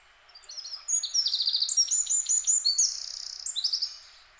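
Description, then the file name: Eurasian wren song: a few softer opening notes, then a fast, energetic outpouring of high metallic trills and chattering notes, fading at the end. "Troglodytes troglodytes"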